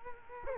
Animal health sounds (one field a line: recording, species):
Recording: mosquito wingbeat signal from an infrared sensor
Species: Culex quinquefasciatus